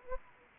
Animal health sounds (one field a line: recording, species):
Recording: mosquito wingbeat signal from an infrared sensor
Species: Anopheles gambiae